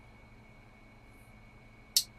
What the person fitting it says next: it's got good snap